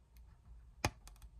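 A plastic accessory piece is pressed into the weapon of a Mezco Hellboy action figure from Hellboy II: The Golden Army (2008). One sharp, bright snap at 0.9 s marks the parts seating together, followed by a few fainter clicks. The weapon accessory is snapped together and seated.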